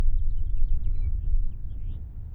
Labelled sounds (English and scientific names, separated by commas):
House Finch (Haemorhous mexicanus) song